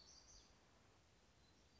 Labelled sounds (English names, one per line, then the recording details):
Black-throated Gray Warbler
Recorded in Sonoma County, California